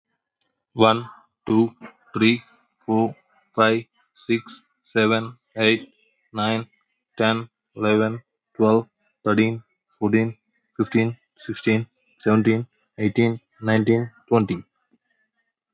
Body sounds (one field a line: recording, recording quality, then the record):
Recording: counting at a normal pace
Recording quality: excellent, no background noise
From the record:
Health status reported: exposed to COVID-19, no respiratory illness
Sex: male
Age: 32 years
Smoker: yes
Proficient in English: yes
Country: India